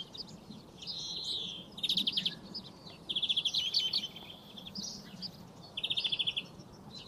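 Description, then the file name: European greenfinch giving several short, rapid trills, each a fast run of bright ticking notes lasting under a second, separated by brief pauses, with faint twittering between bursts. "Chloris chloris"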